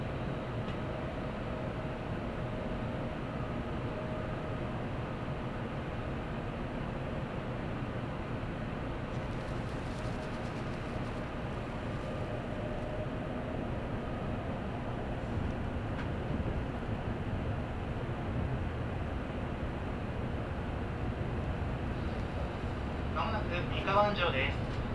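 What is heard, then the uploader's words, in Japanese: A steady, dense rumble inside a Tokaido Shinkansen Kodama train running from Nagoya toward Toyohashi, heavy in the low end with a constant whirring hum throughout. Faint murmured voices drift in, and near the end a brief cluster of sharper clicking sounds rises slightly above the drone. 東海道新幹線 名古屋→豊橋 こだま号自由席。14号車に乗車しました。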